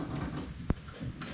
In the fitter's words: Right there, it's locked in.